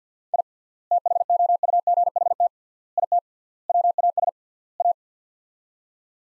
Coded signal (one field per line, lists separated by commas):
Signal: Morse code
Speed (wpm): 45 wpm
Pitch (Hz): 700 Hz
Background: none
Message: I THOUGHT IT WAS A